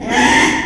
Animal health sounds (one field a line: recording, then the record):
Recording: squeal of a Yucatan mini pig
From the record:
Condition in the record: after surgery on the right vocal fold (resection and tissue-engineered implant)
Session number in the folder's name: 3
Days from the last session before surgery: 33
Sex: male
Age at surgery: 12 weeks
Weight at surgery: 13 kg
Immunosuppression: cyclosporine, prednisolone